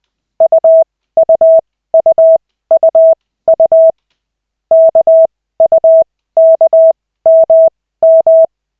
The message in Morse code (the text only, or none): UUUUU KUKMM